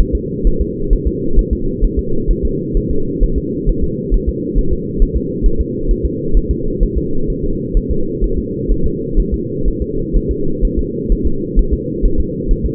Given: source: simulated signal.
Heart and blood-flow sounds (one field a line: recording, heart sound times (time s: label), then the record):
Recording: fetal heart sounds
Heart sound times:
0.00 s: S1
0.15 s: S2
0.47 s: S1
0.61 s: S2
0.93 s: S1
1.07 s: S2
1.39 s: S1
1.53 s: S2
1.84 s: S1
1.99 s: S2
2.30 s: S1
2.45 s: S2
2.77 s: S1
2.91 s: S2
3.23 s: S1
3.38 s: S2
3.69 s: S1
3.84 s: S2
4.14 s: S1
4.29 s: S2
4.58 s: S1
4.73 s: S2
5.02 s: S1
5.17 s: S2
5.46 s: S1
5.61 s: S2
5.91 s: S1
6.05 s: S2
6.37 s: S1
6.51 s: S2
6.83 s: S1
6.98 s: S2
7.30 s: S1
7.44 s: S2
7.77 s: S1
7.91 s: S2
8.24 s: S1
8.38 s: S2
8.72 s: S1
8.86 s: S2
9.19 s: S1
9.34 s: S2
9.68 s: S1
9.82 s: S2
10.16 s: S1
10.31 s: S2
10.65 s: S1
10.79 s: S2
11.12 s: S1
11.27 s: S2
11.59 s: S1
11.73 s: S2
12.05 s: S1
12.20 s: S2
12.51 s: S1
12.66 s: S2
From the record:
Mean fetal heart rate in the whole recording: 130 bpm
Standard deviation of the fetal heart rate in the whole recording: 4 bpm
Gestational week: 38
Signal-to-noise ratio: -8.1 dB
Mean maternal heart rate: 72 bpm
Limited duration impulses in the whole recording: present